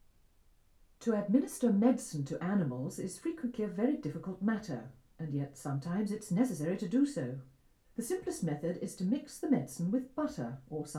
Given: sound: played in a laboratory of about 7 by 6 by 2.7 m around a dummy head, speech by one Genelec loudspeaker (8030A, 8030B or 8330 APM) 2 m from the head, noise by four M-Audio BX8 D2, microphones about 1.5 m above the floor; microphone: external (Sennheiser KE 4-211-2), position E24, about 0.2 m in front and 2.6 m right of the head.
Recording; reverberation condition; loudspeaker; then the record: female speech in English; low; 60 degrees to the right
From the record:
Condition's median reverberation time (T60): about 310 ms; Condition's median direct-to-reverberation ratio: about 3.5 dB